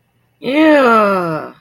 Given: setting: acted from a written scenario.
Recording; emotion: vocal sound without words; disgust